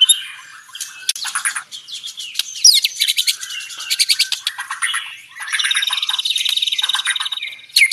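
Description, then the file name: White-rumped shama song: dense, high, buzzy rattles and rapid chatter, ending in a sustained run of quick trilled notes. Banjar variety; rapid, dense, shot-like 'tembakan' song style. "Suara tembakan speed rapat Murai batu banjar"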